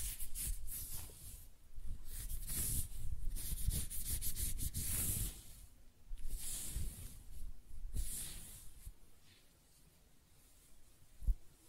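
Close-up hair sounds: scratching, brushing and stroking, heard as soft, hissy rasps that come in bursts. The busiest stretch runs through the first five seconds, with quieter strokes after six and eight seconds, then a sparse tail ending in one sharp tap near eleven seconds.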